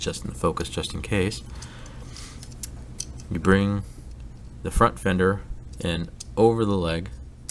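Someone talks while handling the plastic front fender panel of a Transformers Collectors Club member-exclusive Lio Convoy transforming robot toy, bringing it in over the figure's leg, with a few light plastic ticks in between. The clip ends before the fender goes home, and nothing has clicked into place yet.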